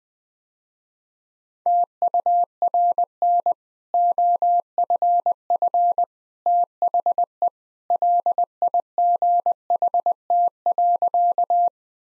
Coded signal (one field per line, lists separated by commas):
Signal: Morse code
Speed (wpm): 21 wpm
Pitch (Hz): 700 Hz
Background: none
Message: TURN OFF THE LIGHT.